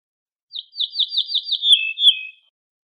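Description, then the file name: Ortolan bunting song, a measured string of identical slurred notes followed by a lower, longer final phrase. "suara kicauan ortolan"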